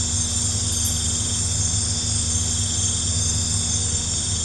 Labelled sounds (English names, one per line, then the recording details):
none
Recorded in pastures near Puerto Asís, Putumayo, Colombia, on 18 December 2024 at 21:00
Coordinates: 0.466, -76.322
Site G040